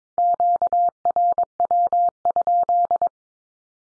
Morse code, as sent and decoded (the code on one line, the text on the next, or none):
--.- .-. .-- ..--..
QRW?